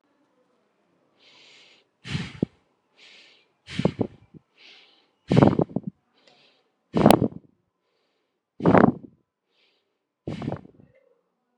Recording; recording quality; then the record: shallow breathing; moderate, slight background noise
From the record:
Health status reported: exposed to COVID-19, no respiratory illness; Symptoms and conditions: none ticked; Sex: male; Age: 25 years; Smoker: not ticked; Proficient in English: yes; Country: India